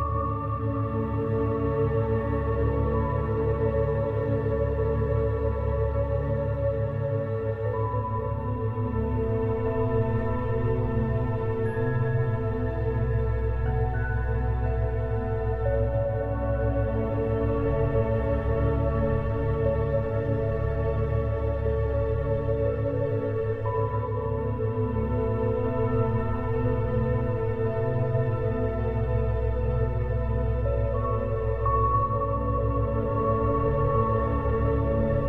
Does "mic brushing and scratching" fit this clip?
no